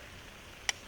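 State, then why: Seated. A steel 550 foothold trap with a posi-trip pan is being set, and its pan trigger catches on the jaw dog with a single sharp, bright metal click at 0.7 s. The rest of the clip is only faint low background noise. The pan is set and ready to be bedded in.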